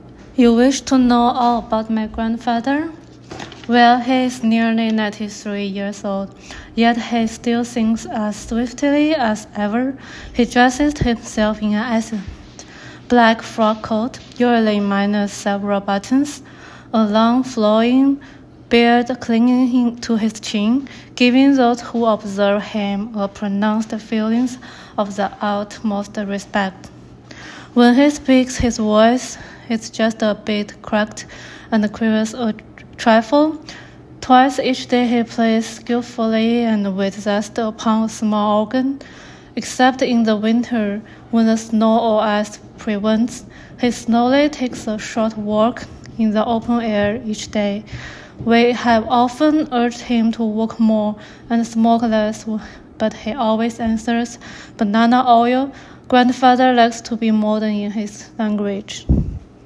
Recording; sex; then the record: reading aloud after running; female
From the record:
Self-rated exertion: light exertion (2 of 6); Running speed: 6 miles an hour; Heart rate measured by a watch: 122 beats a minute at the start, 109 at the end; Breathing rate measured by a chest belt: 19 breaths a minute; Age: 33 years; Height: 155 cm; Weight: 48 kg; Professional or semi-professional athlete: no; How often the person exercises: 3 to 5 times a week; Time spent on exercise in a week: under 1 hour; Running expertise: no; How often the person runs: under once a week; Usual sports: hiking, cycling